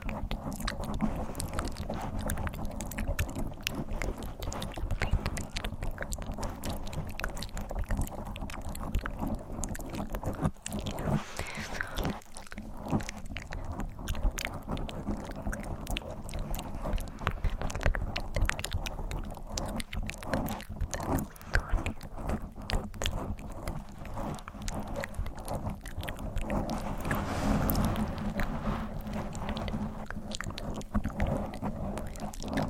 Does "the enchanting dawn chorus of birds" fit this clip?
no